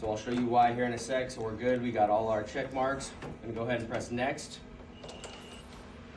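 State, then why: Seated. Someone talks while setting up a Lucent fluid management system, with the tubing clamps still closed, and presses next. The machine then draws in the tubing set's cassette and connectors, and they click as they lock into place on the pump unit at 5.2 s. The clamps stay closed until the lock so that fluid does not get in, which could make the set pop out, leak or overload the machine.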